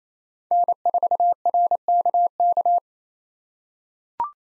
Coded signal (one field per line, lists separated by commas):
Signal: Morse code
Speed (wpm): 27 wpm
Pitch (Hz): 700 Hz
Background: none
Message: N4RKK